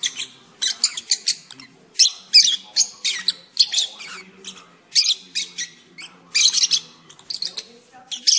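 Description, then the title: Oriental magpie-robin song: a busy run of harsh, scratchy notes and short whistles in quick irregular bursts, with faint low background sounds. "Kicau Kacer"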